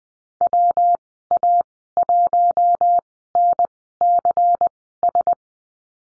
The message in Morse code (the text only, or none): WA1NCS